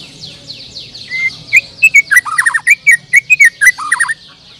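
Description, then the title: Bird song: a run of loud, sharp chirped and whistled notes, some dropping and buzzy, given rapidly and irregularly over a high faint twittering. "Kicau Burung"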